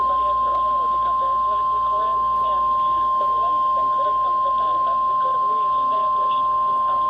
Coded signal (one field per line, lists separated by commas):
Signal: Emergency Alert System (SAME) tones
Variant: 1050 Hz attention tone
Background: speech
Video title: EAS/NWR Alert or message #319-320: Two Severe Thunderstorm Warnings